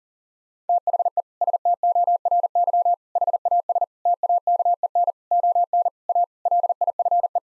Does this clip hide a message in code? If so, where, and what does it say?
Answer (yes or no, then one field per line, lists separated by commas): yes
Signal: Morse code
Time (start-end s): 0.7-7.4 s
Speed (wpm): 40 wpm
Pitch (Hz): 700 Hz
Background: none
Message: THE STORY HAS TAKEN ON A LIFE